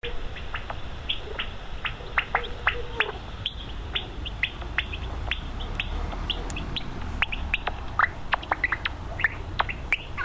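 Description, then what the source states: Common noctule echolocation through a bat detector, sharp clicking sweeps in uneven bursts over a rumbling low background hiss. Bat detector, with visual observation.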